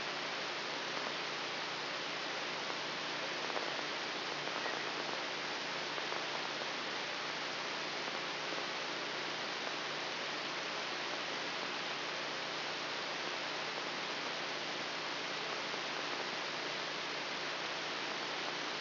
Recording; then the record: brain microelectrode recording played as sound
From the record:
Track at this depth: outside the subthalamic nucleus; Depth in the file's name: 5.305 mm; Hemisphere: left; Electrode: 3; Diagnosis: Parkinson's disease